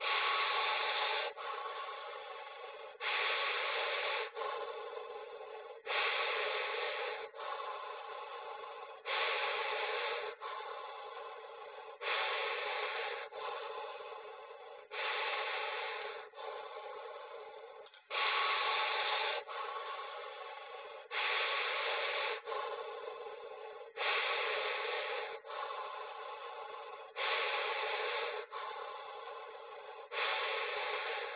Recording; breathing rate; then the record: paced breathing near a phone; 20 breaths a minute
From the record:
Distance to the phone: 20 cm